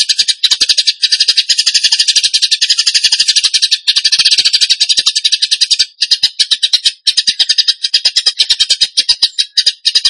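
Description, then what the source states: Bird delivering a long, dense stream of buzzy high pulses at a quick steady beat, with only a few short breaks over ten seconds. Song in the 'tembakan gacor' style, used to train other birds.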